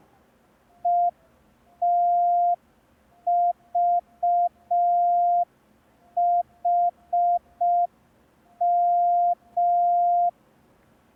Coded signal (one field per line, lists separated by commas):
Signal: Morse code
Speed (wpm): 5 wpm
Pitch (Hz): 700 Hz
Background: none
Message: ETVHM